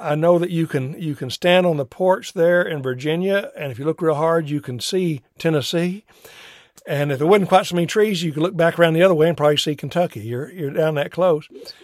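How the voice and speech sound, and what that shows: An adult man talks fluently and conversationally in a clear, steady, ordinary voice with natural pauses.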